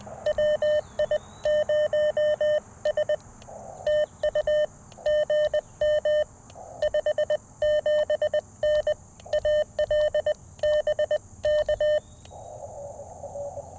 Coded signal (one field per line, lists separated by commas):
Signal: Morse code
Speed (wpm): 20 wpm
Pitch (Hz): 3000 Hz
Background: none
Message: WI0S TU GM 57N AL BK